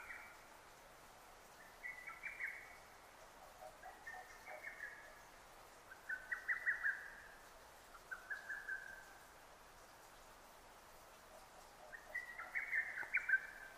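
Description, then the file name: Lesser cuckoo repeating short quick whistled phrases at irregular intervals over a hissing background. Recorded 6 June 2009. "hototogisu 20090606"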